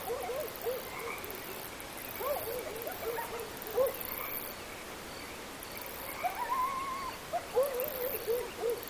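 Coyotes yip and yelp in a busy overlapping chorus, short bouncing cries broken by one longer wavering howl that rises then holds, over a faint steady hiss.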